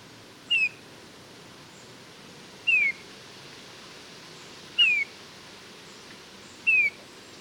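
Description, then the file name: Eurasian bullfinch repeating a mellow, downslurred piping whistle four times, about every two seconds, against steady low background noise. "Pyrrhula pyrrhula"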